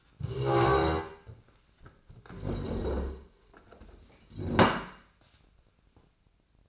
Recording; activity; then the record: daily activity, microphone in the room; stand up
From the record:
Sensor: 2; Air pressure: 1012.1 hPa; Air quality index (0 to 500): 167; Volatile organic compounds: 2 ppm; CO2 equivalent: 1219 ppm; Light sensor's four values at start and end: 48/121/52/59 and 58/139/63/78